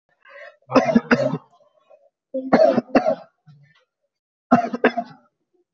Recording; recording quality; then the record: heavy voluntary cough; excellent, no background noise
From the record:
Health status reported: exposed to COVID-19, no respiratory illness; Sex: male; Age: 26 years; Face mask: not worn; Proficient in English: yes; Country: India